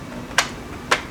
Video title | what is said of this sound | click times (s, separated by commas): ND Miata - LED Sequential rear turn signals install | there we go pops into place turn it into place looks like it's | 0.4 s, 0.9 s